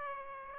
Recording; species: mosquito wingbeat signal from an infrared sensor; Aedes aegypti